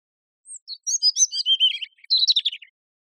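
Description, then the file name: European robin song phrase: a high thin note, then a rapid jumbled warble and a brief buzzy trill to close, otherwise quiet. "Erithacus rubecula"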